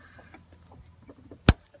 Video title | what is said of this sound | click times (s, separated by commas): Replacement 12 Volt battery on Tesla Model S by Ohmmu.com | and once you hear that click then you kind of know that it's free so now the high voltage gener lock loop is out | 1.5 s